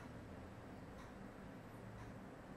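A metal IO back plate is handled and lined up in a PC case's rear opening, to be pushed in until it snaps into place. Only a steady low background hum is heard, with faint soft touches around 1.0 and 2.0 seconds. The clip ends before the plate goes home, and nothing has seated or snapped yet.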